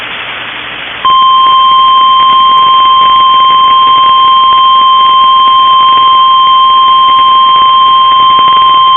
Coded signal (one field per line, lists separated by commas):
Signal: Emergency Alert System (SAME) tones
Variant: 1050 Hz attention tone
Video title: EAS 1380 (Tornado Warning)